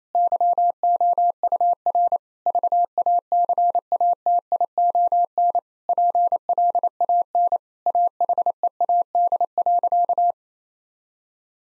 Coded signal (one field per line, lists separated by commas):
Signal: Morse code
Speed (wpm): 28 wpm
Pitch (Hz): 700 Hz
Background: none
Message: YOUR VACATION PLAN AHEAD.